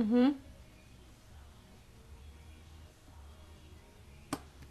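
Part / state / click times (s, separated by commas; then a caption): disposable lancet pressed against a fingertip / seated / 4.3 s. A single-use plastic disposable lancet is pressed firmly against a fingertip until it clicks and fires. Someone talks briefly at the start, then a low hum continues until the lancet's sharp click at 4.3 s, followed by a faint tap.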